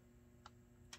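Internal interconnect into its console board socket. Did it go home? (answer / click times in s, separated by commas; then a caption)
no / none. An internal interconnect is handled over its board socket in a JVC X'EYE game console during reassembly. Two short, faint ticks come at about 0.5 and 0.9 seconds over a steady low hum. Nothing has seated or clicked into place yet.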